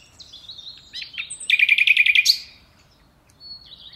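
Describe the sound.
Common nightingale phrase: high thin notes lead into a loud rapid trill of about nine repeated clicking notes, ending in a sharp rising note, then a soft whistle.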